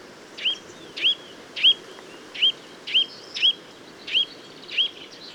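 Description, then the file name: Eurasian nuthatch giving a steady run of clipped, high, upward-flicking call notes, roughly one every half second. "Sitta europaea"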